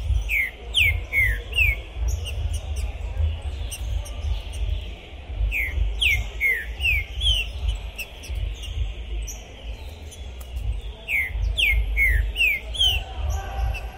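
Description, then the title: Green-winged saltator song: phrases of descending whistled notes repeated with pauses, over a constant low rumbling noise. Captive bird singing at the entrance of a singing tournament, warming up for the contest; described as calling, singing and acting territorial ("macheando"); 2021; song style called "pistoleiro". "ESQUENTAR Seu TRINCA Piando, Cantando E Macheando Na DISPUTA. Esse TRINCA FERRO ficou POSSUÍDO na PORTA do TORNEIO! Trinca Ferro Pistoleiro 2021!"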